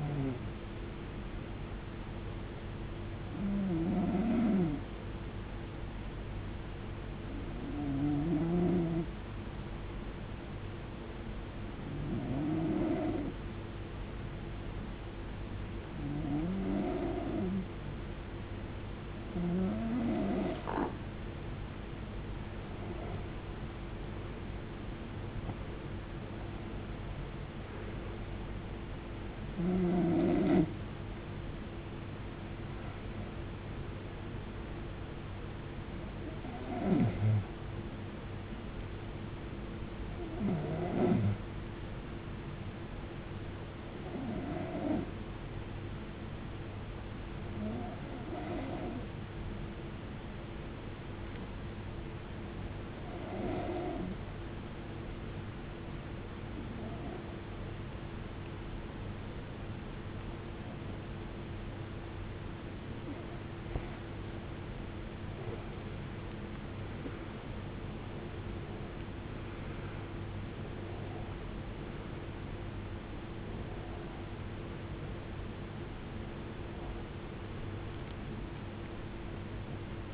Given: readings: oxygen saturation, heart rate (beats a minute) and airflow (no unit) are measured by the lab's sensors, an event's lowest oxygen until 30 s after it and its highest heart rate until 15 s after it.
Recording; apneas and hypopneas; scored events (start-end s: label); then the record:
breathing in sleep by a voice recorder at the bedside; 2
5.00-35.00 s: new sleep stage, N2 (light sleep)
9.00-27.00 s: hypopnea (N2, oxygen 95% highest, then 91% lowest, heart rate 76 at the start, 85 highest)
35.00-80.14 s: new sleep stage, N1 (lightest sleep)
50.00-64.80 s: hypopnea (N1, oxygen 95% highest, then 89% lowest, heart rate 76 at the start, 77 highest)
From the record:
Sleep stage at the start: N1 (lightest sleep); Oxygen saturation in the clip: 91 to 95%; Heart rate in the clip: 63 to 85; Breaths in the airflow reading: 19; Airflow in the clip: -16.4 to 15.5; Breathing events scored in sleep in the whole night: 389 in 6.3 hours asleep